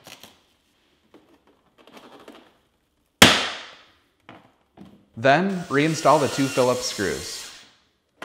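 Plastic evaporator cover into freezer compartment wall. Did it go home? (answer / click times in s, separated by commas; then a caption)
yes / 3.2 s. A plastic freezer evaporator cover on a Samsung freezer, refitted during replacement of defrost sensor part DA32-10104N, has its top inserted into the ceiling slot and its bottom pushed against the freezer compartment wall. After a few faint rustles, a loud, sharp snap at 3.2 s marks the cover seating into place. Someone then talks.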